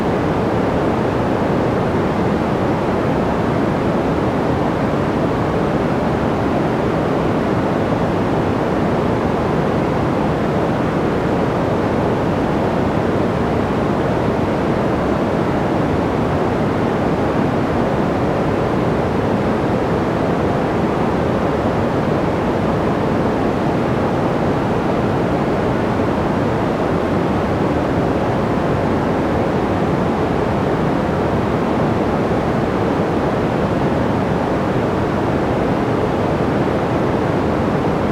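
A soft, steady wash of white noise blended with natural-sounding green noise, unbroken for the whole stretch. The hiss is dense and even, strongest in the low and middle range and rolling off above, like surf or wind with no distinct events.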